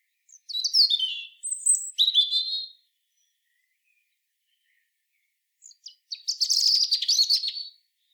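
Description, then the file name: European robin song: two separate phrases of high, thin, tumbling notes and short trills, divided by a long silent pause. "Erithacus rubecula"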